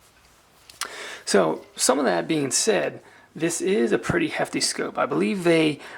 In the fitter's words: the way off lock it back into place and it's not moving anywhere so